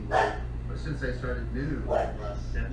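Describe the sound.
A dog barks twice, about two seconds apart, each a short loud burst, while a person talks in between over a steady low hum.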